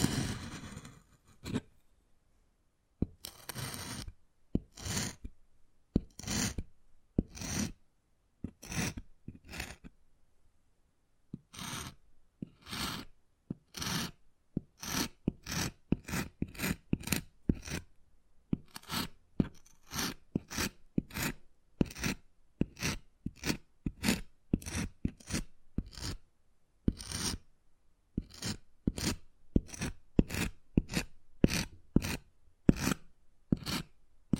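Wood carving: a string of short, sharp scraping strokes and taps, each a quick rasping burst with clear gaps between. Early on the strokes come sparsely, with a pause near three seconds, then grow steadily quicker and denser toward the end.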